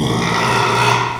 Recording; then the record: squeal of a Yucatan mini pig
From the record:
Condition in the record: after surgery on the right vocal fold (resection and tissue-engineered implant); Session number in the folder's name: 1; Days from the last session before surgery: 6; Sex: male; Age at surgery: 12 weeks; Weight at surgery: 13 kg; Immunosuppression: cyclosporine, prednisolone